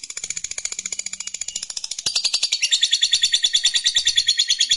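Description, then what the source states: Lovebird song: high, rapid chattering that grows louder and drops slightly in pitch after two seconds, continuing steadily. Fighter lovebird, described as gacor, singing energetically.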